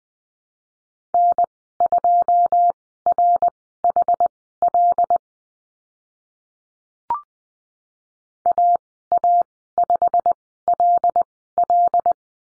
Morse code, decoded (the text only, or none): N2RHL AA5LL